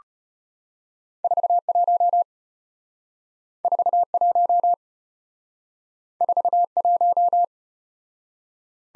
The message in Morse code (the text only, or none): 41 41 41